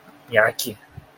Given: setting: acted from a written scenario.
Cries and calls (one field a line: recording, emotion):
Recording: vocal sound without words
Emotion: disgust